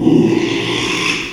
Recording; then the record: squeal of a Yucatan mini pig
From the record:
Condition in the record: after surgery on the right vocal fold (resection and tissue-engineered implant); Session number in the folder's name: 1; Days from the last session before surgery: 6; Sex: male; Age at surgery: 12 weeks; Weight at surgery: 13 kg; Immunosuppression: cyclosporine, prednisolone